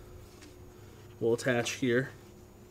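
A PCV breather hose is being handled at the spreader port of a BMW intake plenum, with someone talking briefly over a low steady background hum. The hose has not seated or clicked into the port yet.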